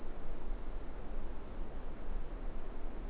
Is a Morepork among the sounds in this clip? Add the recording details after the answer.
no. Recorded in New Zealand. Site Eglinton